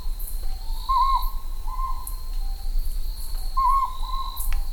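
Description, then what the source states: Ryukyu scops owl: two short warbling hoots with softer flat notes between, over a continuous high tone. Recorded at night in Ryukyu forests while searching for the Amami rabbit; described as a very commonly heard sound there.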